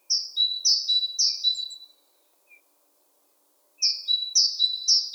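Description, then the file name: Great tit song of repeated high-then-low two-note phrases, three in a bout, a single soft note in the gap, then another bout begins. "Parus major"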